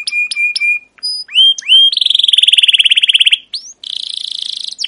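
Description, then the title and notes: Canary singing: a few repeated whistled notes, upslurred chirps, then a long rapid pulsing trill and a second trill after a brief gap. Long, continuous chirping canary song, used as a lure and master recording for teaching young captive canaries. "CUIT CUIT NGEROL GACOR PANJANG Kenari Pancingan KENAR. PANCINGAN Kenari GACOR PANJANG Cuit CUIT EMOSI MASTERAN Kenari PAUD belajar BUNYI. burung kenari"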